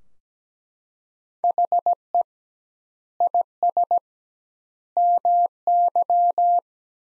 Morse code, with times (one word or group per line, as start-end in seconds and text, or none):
1.4-2.2 HE
3.2-4.0 IS
5.0-6.6 MY